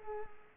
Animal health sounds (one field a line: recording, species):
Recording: mosquito wingbeat signal from an infrared sensor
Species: Culex pipiens